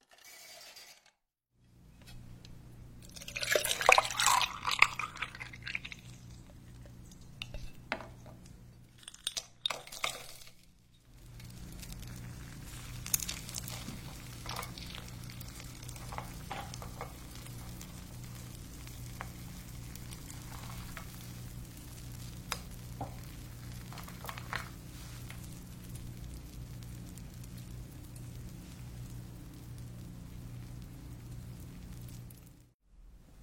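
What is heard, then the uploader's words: Kitchen sounds from baking matcha almond cookies and hazelnut cake, over a steady low appliance hum that runs almost the whole time. Early on there's a burst of louder clatter and scraping around four to six seconds, then lighter clicks, taps and stirring scattered through the rest. Make matcha milk almond cookies hazelnut cake.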